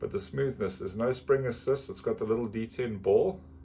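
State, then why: Not seated. A folding knife is handled as its blade is brought toward the closed position in the handle, where a ball detent will snap it shut. Someone talks throughout over a faint low background hum. The clip ends before the blade goes home, so nothing has seated or clicked yet.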